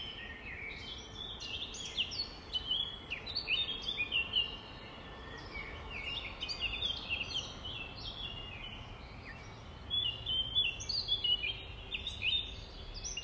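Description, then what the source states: Nightingale pouring out fast chirping and trilled phrases in repeated bursts, with quieter gaps. Recorded at dawn, 05:33, on 5 May 2020.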